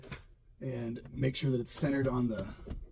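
A plastic center dash trim panel for a Nissan Frontier truck is handled and slid into the dashboard, with its four corners being locked in and its rear tab lined up, as someone talks. Only faint handling noises are heard under the talking. Nothing has seated or clicked yet.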